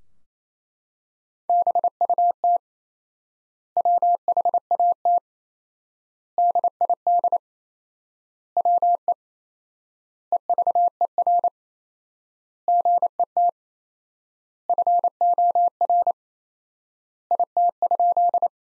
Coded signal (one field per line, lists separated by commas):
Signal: Morse code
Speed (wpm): 28 wpm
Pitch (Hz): 700 Hz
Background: none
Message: BUT WHAT DID WE EVER GET FOR IT?